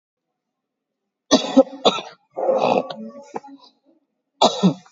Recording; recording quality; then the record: shallow voluntary cough; excellent, no background noise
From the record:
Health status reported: COVID-19 positive, moderate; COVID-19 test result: positive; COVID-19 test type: RT-PCR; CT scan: not taken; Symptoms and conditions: cough, cold, breathing difficulty, sore throat, fever, fatigue, muscle pain, loss of smell and taste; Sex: female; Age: 46 years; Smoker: no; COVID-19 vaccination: both doses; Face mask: worn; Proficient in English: yes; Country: India